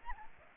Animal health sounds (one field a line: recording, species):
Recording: mosquito wingbeat signal from an infrared sensor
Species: Aedes aegypti